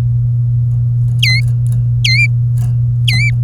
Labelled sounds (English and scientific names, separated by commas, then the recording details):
Domestic Canary (Serinus canaria) song
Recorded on 24 April 2018 at 08:24
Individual llb3